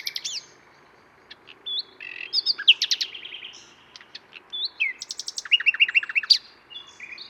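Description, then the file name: Common nightingale singing loud varied phrases, including fast runs of repeated clicking notes and a rapid series of sharp chips near the end. "Luscinia megarhynchos"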